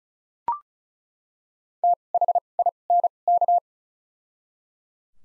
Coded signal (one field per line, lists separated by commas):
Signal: Morse code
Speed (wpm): 34 wpm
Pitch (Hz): 700 Hz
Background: none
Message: T H I N K